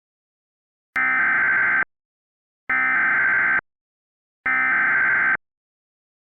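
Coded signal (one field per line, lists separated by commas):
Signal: Emergency Alert System (SAME) tones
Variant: header bursts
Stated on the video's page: Mock Emergency Alert System alert, simulated.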